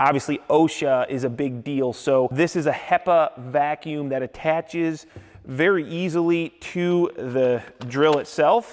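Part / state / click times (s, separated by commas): HEPA dust extractor attachment onto a cordless SDS rotary hammer / not seated / none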